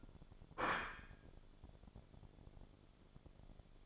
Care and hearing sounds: daily activity, microphone in the room; place plate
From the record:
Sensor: 5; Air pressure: 1004.4 hPa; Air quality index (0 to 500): 173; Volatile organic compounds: 4 ppm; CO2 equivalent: 1630 ppm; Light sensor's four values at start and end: 17/40/16/15 and 17/40/16/15

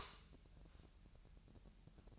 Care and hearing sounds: daily activity, microphone in the room; light off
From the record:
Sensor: 2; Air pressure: 1001.8 hPa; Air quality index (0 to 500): 240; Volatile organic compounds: 31 ppm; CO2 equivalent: 2973 ppm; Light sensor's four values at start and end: 8/23/9/10 and 4/10/4/4

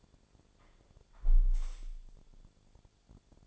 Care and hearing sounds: daily activity, microphone in the room; close window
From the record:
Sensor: 5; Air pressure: 1000.5 hPa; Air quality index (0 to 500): 154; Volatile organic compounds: 2 ppm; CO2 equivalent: 1183 ppm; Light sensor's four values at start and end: 39/92/38/41 and 39/92/38/41

